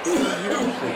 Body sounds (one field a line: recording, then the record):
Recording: coughing mixed with background sound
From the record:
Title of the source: Residual Phlegmy Morning Coughing and Gagging